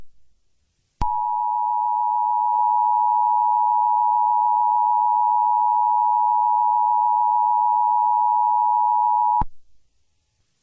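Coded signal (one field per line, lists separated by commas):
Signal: Emergency Alert System (SAME) tones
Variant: 853 and 960 Hz attention tone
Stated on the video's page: Mock EAS scenario using valid EAS tones.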